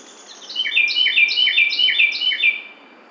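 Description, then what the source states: Carolina wren singing a rapid chant of about five repeated rich phrases, without pause. June 12, 2009.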